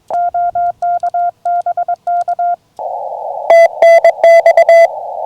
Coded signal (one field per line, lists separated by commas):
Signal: Morse code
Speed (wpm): 22 wpm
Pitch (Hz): 690 Hz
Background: none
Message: OK BK TNX